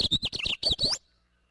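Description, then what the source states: House finch song: a brief, hurried string of warbled chirps, about a second long, ending in a rising slur. Loud song.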